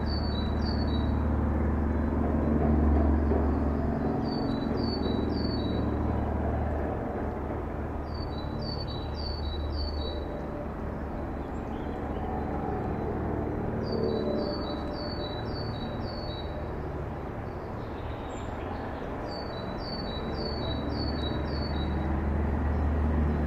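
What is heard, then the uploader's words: In a forest at waking, a bird repeats a quick, high chirping phrase every few seconds over a steady low rumble and hiss. Entspannende Naturklänge. Heute nehme ich Euch mit in ein Naturschutzgebiet im Schwarzwald. A nature reserve in the Black Forest.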